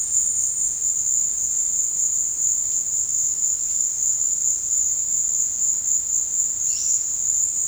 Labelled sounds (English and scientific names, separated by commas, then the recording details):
none
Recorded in dense forest near Puerto Asís, Putumayo, Colombia, on 18 February 2024 at 16:30
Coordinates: 0.472, -76.329
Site G6394